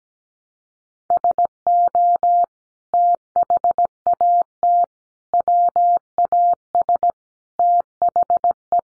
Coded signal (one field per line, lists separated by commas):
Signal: Morse code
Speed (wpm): 17 wpm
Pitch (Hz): 700 Hz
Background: none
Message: SO THAT WAS THE